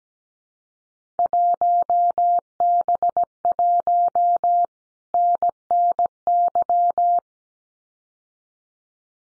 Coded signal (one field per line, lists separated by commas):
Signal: Morse code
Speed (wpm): 17 wpm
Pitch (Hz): 700 Hz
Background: none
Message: 1B1 NNY